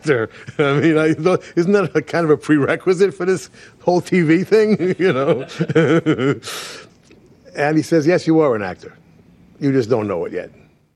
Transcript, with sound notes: I mean, isn't that a kind of a prerequisite for this whole TV thing, you know?
(LAUGHTER)
And he says, yes, you are an actor. You just don't know it yet.